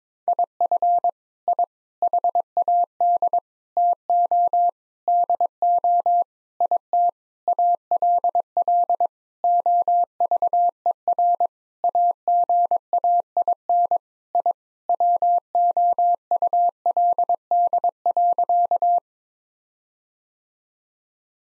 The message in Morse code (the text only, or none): IF I HAD TO DO IT ALL OVER AGAIN I WOULD.